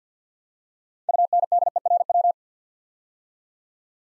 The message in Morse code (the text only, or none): UNDERW